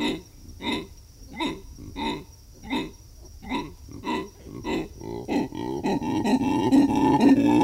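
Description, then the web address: Black howler monkey giving rhythmic, guttural grunts, building into a loud, continuous deep roar over the final seconds. South American rainforest. "Natures Songs S America Primates of the Rainforest Black howler monkey"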